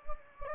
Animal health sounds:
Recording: mosquito wingbeat signal from an infrared sensor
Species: Anopheles gambiae

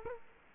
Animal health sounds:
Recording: mosquito wingbeat signal from an infrared sensor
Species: Culex quinquefasciatus

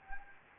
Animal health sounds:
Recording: mosquito wingbeat signal from an infrared sensor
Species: Anopheles gambiae

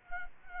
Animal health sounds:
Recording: mosquito wingbeat signal from an infrared sensor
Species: Culex quinquefasciatus

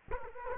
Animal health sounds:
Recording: mosquito wingbeat signal from an infrared sensor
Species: Culex quinquefasciatus

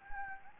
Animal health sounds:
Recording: mosquito wingbeat signal from an infrared sensor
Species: Anopheles gambiae

